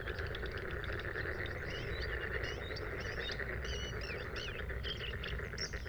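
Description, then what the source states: Bluethroat song: a rapid run of varied high twittering and scratchy notes, over a steady low drone of background noise. Recorded at Sha Cheng Wetland, Hebei, China, on 5 May 2025 at 06:10; three bursts of song separated by fades.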